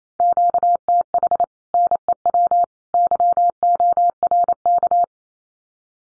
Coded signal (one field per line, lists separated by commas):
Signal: Morse code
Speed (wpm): 28 wpm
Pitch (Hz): 700 Hz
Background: none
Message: QTH NEW YORK